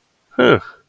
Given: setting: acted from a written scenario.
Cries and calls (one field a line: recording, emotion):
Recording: vocal sound without words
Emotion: realization